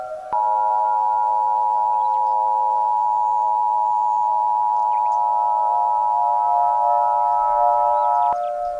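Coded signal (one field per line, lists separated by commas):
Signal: Emergency Alert System (SAME) tones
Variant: 853 and 960 Hz attention tone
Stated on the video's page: Fictional EAS scenario using valid SAME headers.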